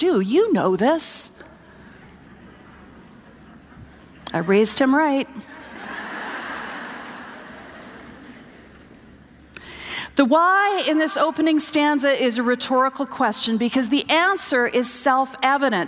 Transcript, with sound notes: You know this.” I raised him right. (laughter) The “why?” in this opening stanza is a rhetorical question because the answer is self-evident.